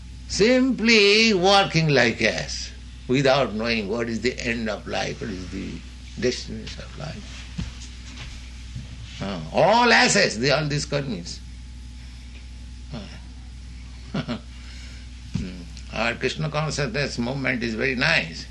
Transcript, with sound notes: Simply working like ass without knowing what is the end of life, what is the destination of life—all asses, all these karmīs. [chuckles] Our Kṛṣṇa consciousness movement is very nice.